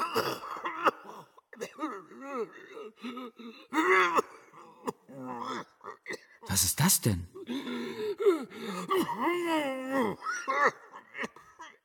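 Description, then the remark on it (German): A voice speaks, then a short burst of strange, hollow, wet coughing breaks in midway, harsh and loud, before the speech carries on. “Es war Husten offenbar, aber ein Husten, der keinem anderen ähnelte, den er jemals gehört hatte.”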